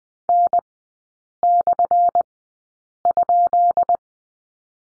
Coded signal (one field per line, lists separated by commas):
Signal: Morse code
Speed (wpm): 20 wpm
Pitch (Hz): 700 Hz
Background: none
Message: N/?